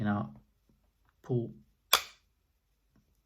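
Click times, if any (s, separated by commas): 1.9 s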